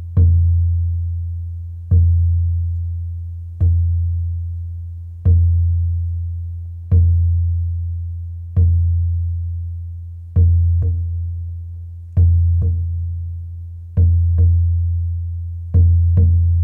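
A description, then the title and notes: A deep drum or gong is struck at a steady pace, roughly every two seconds, each hit blooming into a low hum that slowly fades until the next. Toward the end, a few quicker double strikes sneak in between the regular beats. Sound therapist and energy healer Natalie Grace leads you through a sound bath meditation using gongs, drums and Tibetan singing bowls.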